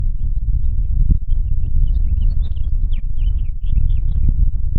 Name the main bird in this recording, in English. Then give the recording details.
House Finch. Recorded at Babylon on Long Island, New York, on 22 May 1975. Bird A